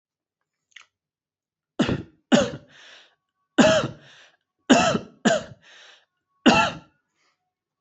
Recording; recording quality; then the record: heavy voluntary cough; excellent, no background noise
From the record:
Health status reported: healthy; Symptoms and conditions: none ticked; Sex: male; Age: 27 years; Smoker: not ticked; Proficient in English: yes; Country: India